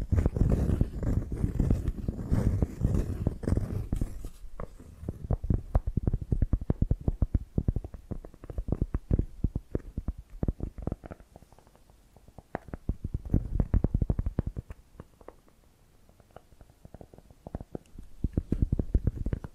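Scratching fills the first five seconds, then gives way to dense, irregular tapping, quick low clicks clustering and thinning in uneven bursts until the end.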